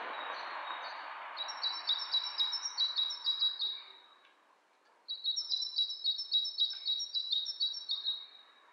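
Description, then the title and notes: Bird calls: fast, stuttering high chirps in two bursts, with steady hissing noise in the background at first. Two birds interacting, lo-fi recording. "bird dialogs. lo-fi recording of two birds interacting"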